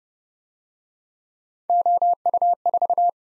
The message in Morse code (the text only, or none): OU4